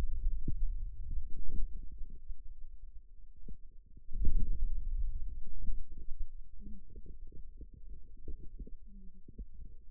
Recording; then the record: forearm muscle sounds (acoustic myography)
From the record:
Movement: hand closing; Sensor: system 2, bracelet of six BSWA MPA416 microphones around the upper forearm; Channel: 5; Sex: male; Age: 22 years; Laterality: right